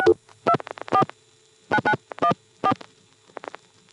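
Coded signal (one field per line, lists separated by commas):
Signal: DTMF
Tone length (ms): 60 ms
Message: 6249914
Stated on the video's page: Telephone tones from an NX1 crossbar exchange.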